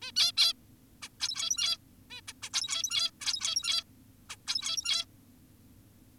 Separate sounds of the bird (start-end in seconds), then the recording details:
0.02-0.12, 0.16-0.32, 0.37-0.54, 1.02-1.09, 1.20-1.77, 2.11-2.21, 2.28-2.33, 2.43-2.50, 2.54-3.11, 3.21-3.83, 4.29-4.36, 4.47-5.05. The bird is an adult. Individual g17y2U